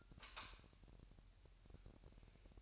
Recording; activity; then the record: daily activity, microphone in the room; light off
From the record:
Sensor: 2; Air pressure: 1001.7 hPa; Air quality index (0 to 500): 244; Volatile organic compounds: 33 ppm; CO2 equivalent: 3027 ppm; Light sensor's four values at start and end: 9/25/10/10 and 4/10/4/4